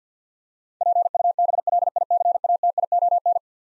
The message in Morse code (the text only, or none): PUBLICATION